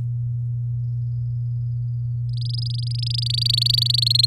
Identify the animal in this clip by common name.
Domestic Canary